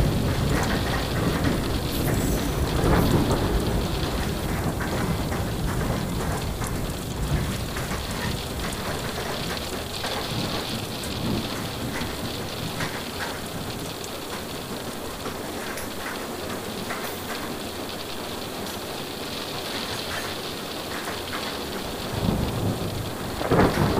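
Rain patters steadily throughout a train journey, a dense, even hiss speckled with sharp drop taps. A deep rumble of distant thunder rolls through the first several seconds before easing off, and a brief low surge returns near the end.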